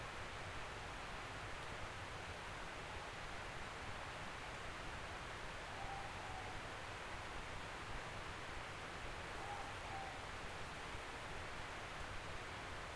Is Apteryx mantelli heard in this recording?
no